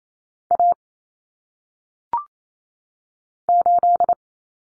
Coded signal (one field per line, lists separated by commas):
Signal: Morse code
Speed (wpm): 28 wpm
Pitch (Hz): 700 Hz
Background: none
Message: A 8